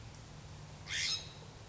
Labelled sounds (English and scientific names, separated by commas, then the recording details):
California Scrub-Jay (Aphelocoma californica)
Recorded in Sonoma County, California